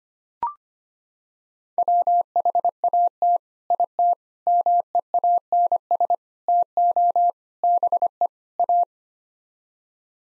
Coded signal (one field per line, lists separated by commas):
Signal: Morse code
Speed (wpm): 25 wpm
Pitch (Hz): 700 Hz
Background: none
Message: WHAT IT MEANS TO BE A